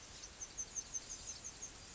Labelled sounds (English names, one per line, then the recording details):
Yellowhammer song
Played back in grassland
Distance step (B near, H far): F
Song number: 006